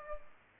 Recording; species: mosquito wingbeat signal from an infrared sensor; Culex pipiens